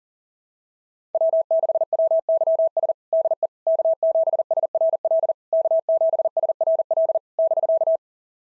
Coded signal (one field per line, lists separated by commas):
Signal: Morse code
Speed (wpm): 40 wpm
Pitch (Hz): 650 Hz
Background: none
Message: W6WYS DE K7SRL K7SRL <BK>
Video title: SOTA QSO Practice 40wpm